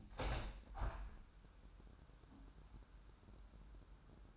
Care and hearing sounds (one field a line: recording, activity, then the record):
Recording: daily activity, microphone in the room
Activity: open window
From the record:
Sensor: 2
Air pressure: 998.5 hPa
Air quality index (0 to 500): 144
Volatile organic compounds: 4 ppm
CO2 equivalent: 1642 ppm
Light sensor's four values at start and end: 8/20/8/9 and 9/21/9/10